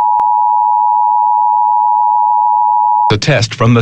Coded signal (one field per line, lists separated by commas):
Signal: Emergency Alert System (SAME) tones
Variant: 853 and 960 Hz attention tone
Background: speech